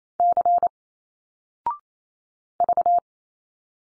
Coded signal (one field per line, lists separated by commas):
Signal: Morse code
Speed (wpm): 28 wpm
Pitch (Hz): 700 Hz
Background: none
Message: C V